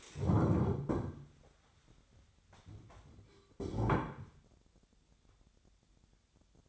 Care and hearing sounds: daily activity, microphone in the room; stand up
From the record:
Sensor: 3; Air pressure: 1015.2 hPa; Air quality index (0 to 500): 173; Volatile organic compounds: 15 ppm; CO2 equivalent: 2486 ppm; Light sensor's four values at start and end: 14/38/15/16 and 14/38/15/16

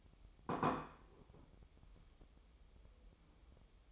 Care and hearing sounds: daily activity, microphone in the room; place plate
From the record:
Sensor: 1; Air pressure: 988.6 hPa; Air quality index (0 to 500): 196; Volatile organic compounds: 934 ppm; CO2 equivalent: 5233 ppm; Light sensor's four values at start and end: 25/93/35/36 and 25/93/35/36

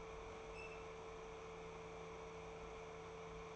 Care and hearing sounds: daily activity, microphone in the room; open fridge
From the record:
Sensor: 1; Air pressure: 1015.0 hPa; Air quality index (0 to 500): 193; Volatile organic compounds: 21 ppm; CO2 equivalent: 2730 ppm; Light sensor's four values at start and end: 10/24/10/11 and 10/24/10/11

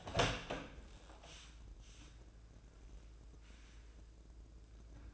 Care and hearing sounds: daily activity, microphone in the room; open door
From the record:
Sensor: 2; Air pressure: 1012.2 hPa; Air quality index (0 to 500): 158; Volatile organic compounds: 2 ppm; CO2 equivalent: 1154 ppm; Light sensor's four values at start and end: 434/1087/443/468 and 430/1078/439/463

